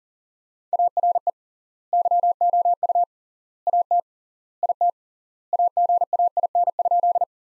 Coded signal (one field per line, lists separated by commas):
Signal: Morse code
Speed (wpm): 40 wpm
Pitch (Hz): 700 Hz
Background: none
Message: ARE YOU AT IT AGAIN?